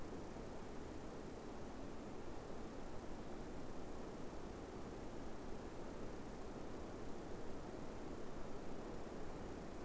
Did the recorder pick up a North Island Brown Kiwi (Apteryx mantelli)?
no